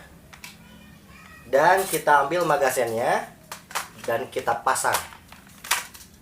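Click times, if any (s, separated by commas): none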